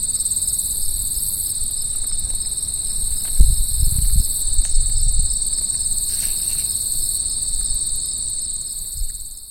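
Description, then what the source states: Cricket chorus, a dense unbroken high-pitched pulsing trill held steadily, while low thuds and rustling, like footsteps or handling, come through in the middle. Crickets recorded at Lowbanks on 15 September 2004.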